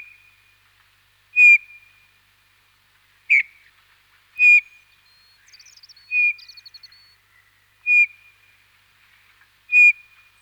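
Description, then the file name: Eurasian bullfinch giving soft, piping, slightly falling whistled calls, six of them at uneven intervals of one to two seconds, with a brief higher twittering trill midway. Recorded in winter. "Jean C Roch Pierre Palengat - Hiver bouvreuil pivoine"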